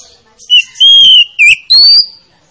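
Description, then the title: Oriental magpie-robin whistling a few long, clear notes, one steady and level, then a dip and a final rising whistle. Lure recording meant to make a reluctant magpie-robin sing. "Pancingan Kacer Yg Malas Bunyi"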